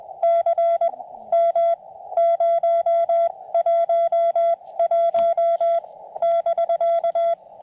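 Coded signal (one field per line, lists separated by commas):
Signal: Morse code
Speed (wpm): 21 wpm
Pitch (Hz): 680 Hz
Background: none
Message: CM 011 <BK>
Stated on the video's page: CW summit (SOTA) and park (POTA) activation from a rainy, foggy mountain summit fire tower area; eleven contacts made.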